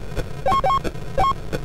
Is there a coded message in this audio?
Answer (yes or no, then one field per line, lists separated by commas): no